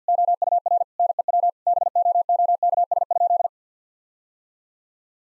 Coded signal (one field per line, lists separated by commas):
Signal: Morse code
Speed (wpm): 50 wpm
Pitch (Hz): 700 Hz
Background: none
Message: OUR NEW BOOKS?